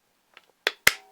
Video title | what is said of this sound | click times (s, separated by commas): From the Ground Up - Fixing Malfunctions - 3:5 | You can hear a click when I do so. | 0.9 s